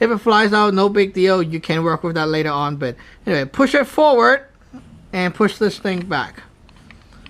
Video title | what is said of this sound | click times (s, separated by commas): RAM Comat Pistol Disassembly and Maintenance Tutorial | effect like that no it snapped back in position very | 7.3 s